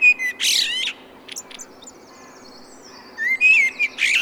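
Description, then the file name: Common blackbird song, a fluted phrase with a scratchy high flourish, some faint high notes in the pause, then another whistled phrase begins. "Turdus merula"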